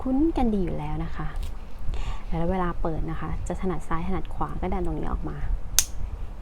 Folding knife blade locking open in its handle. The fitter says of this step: ดังแก๊กนะคะและ